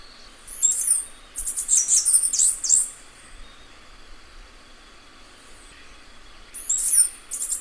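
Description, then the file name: Cicada song: loud, very high rasping bursts, then several seconds of near quiet before another short burst begins. "canto da cigarra bambu"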